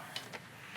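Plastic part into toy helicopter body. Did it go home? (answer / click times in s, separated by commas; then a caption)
yes / 0.2 s, 0.4 s, 0.8 s. A plastic part is pressed into the body of a G.I. Joe Classified Series Assault Copter Dragonfly (XH-1) HasLab toy helicopter, giving sharp, satisfying clicks at about 0.2 s, 0.4 s and 0.8 s. The part clicks into place and is seated.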